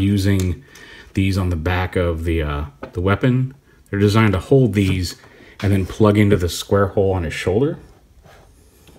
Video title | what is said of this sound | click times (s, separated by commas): Ocular Max Perfection Series - PS-06 TERRAEGIS | uh it it will sit there and for just display that's fine but it really doesn't lock in very well | 8.9 s